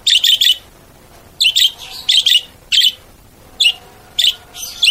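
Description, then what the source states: Bird giving bright, rapid chirps in short bursts of one to three, separated by brief pauses. Melodious bird sound, presented as a ringtone.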